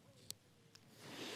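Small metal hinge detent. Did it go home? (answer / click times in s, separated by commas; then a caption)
yes / 0.3 s. A Wurkkos HD02 flashlight's hinged head is folded against noticeable resistance until its ball-and-indent detent snaps it into the locked position. A sharp click sounds at 0.3 s, then a fainter tick at about 0.8 s over low background noise. The head is seated and locked so it will not unfold on its own.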